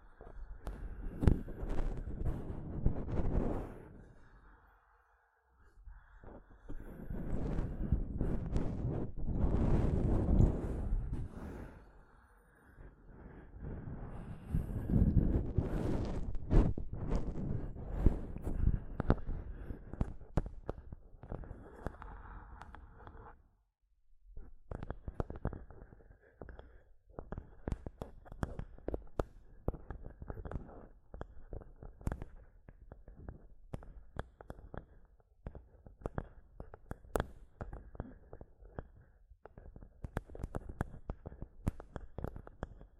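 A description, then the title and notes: Tapping and scratching on a microphone: dense rough scraping swells in the first twenty seconds, then quick irregular taps with short pauses between. ASMR Mic Tapping and Scratching (No Talking).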